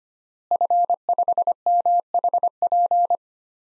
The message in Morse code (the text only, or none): F5MHP